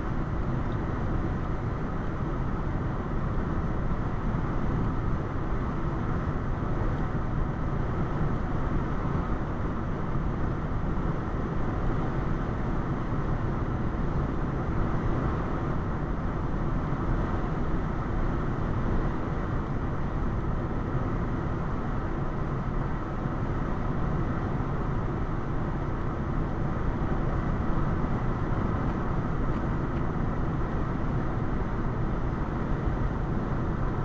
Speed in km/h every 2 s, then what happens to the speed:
95, 95, 95, 95, 95, 95, 95, 95, 95, 95, 95, 95, 95, 95, 95, 95, 95.
0-34 steady at about 95.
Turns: none.